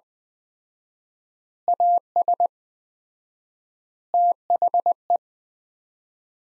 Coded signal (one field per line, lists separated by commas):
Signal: Morse code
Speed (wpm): 21 wpm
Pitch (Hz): 700 Hz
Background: none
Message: AS THE